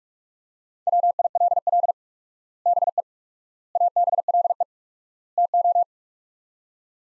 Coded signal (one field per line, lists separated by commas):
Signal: Morse code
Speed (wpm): 46 wpm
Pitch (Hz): 700 Hz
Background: none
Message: WILL BE ABLE TO